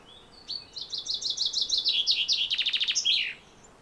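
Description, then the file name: Common chaffinch singing one cheerful phrase of repeated chipping notes that quicken and drop in pitch, then close with an emphatic twisted flourish. "Fringilla coelebs"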